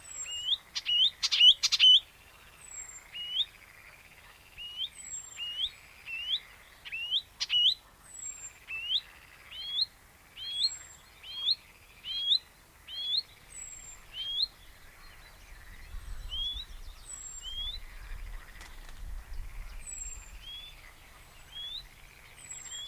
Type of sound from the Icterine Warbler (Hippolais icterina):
song